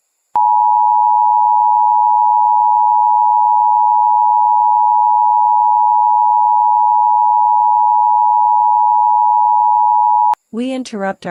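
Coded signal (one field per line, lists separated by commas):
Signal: Emergency Alert System (SAME) tones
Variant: 853 and 960 Hz attention tone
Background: speech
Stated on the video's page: Fictional recreation of an emergency interruption set in 1983.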